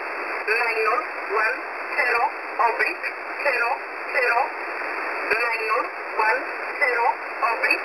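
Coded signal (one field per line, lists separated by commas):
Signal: numbers station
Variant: E11 Oblique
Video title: E11 Oblique 02/12/2023 1430 UTC 13363kHz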